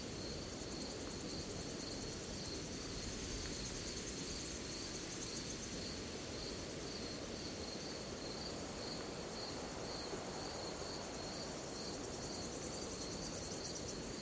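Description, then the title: Cicada sings an unbroken high pulsing trill at a regular pace, layered over a faint upper buzz, a broad low rumble and a couple of soft clicks. At night in a forest. "Звуки ночного леса. Звук цикад ночью в лесу"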